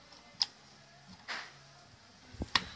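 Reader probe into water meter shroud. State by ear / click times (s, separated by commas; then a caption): seated / 0.4 s, 2.6 s. A reader probe for a Sensus RD01 is slid into the black shroud on a Sensus WPD 720p water meter and pressed firmly until it locks into place. Sharp clicks ring out at 0.4 s and 2.6 s, with a softer rustle near 1.3 s and a low thump just before the second click. The probe ends up seated and locked so it cannot be pulled out.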